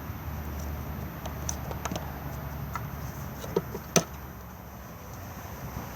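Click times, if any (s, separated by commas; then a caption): 4.0 s. The collar of a caravan's outside gas bayonet point is pushed up, and the brass barbecue gas spear pops back out. Light ticks and taps over a steady low background hum lead to a sharp hit at 4.0 s as the spear releases from the bayonet.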